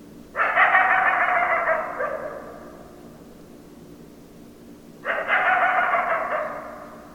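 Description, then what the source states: Coyote howling, two rough, wavering bursts about two seconds long, the second starting roughly three seconds after the first ends, over a steady low background hum. Recorded 10 December 2012.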